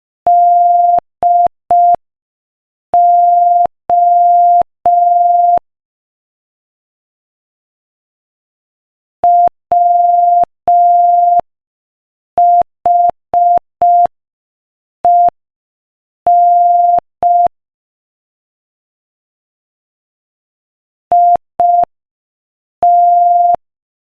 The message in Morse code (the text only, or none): DO WHEN IT